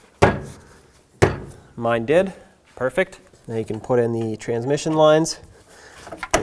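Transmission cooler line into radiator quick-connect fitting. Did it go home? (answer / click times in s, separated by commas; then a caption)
yes / 6.2 s, 6.3 s. A transmission cooler line on a 1997-2003 Ford F-150 is pushed into its quick-connect fitting at the radiator. Two sharp knocks ring out near the start, then someone talks. The line snaps into place with clicks at 6.2 and 6.3 seconds, fully seated.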